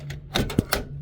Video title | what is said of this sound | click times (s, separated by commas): Let's Diagnose a pre-built with no display! | there we go heard that nice click so now I | 0.4 s, 0.7 s